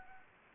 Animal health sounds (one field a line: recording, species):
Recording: mosquito wingbeat signal from an infrared sensor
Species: Anopheles gambiae